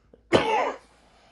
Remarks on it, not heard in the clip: I'm coughing about this podcast because I'm trying to talk, get all these words in, and I just keep coughing my head off.